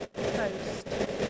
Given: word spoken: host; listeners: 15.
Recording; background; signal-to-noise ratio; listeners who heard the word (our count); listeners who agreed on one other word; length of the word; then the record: one English word in noise, from a listening test; noise modulated by three-talker babble; -6.4 dB; 1 of 15; 9 of 15; 0.89 s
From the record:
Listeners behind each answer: 9, 3, 2, 1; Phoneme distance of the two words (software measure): 10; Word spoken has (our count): 1 syllable, 4 phonemes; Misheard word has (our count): 1 syllable, 4 phonemes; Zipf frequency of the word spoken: 4.39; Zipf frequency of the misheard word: 4.87